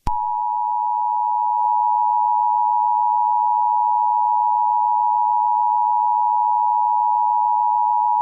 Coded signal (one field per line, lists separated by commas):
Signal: Emergency Alert System (SAME) tones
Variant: 853 and 960 Hz attention tone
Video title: EAS_CEM_025007_19980913_0930.avi